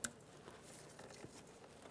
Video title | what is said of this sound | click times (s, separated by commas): How to Replace Front Driver Side Lower Control Arm with Ball Joint 2002-2007 Chevrolet Trailblazer | press it in listen for a click | 0.0 s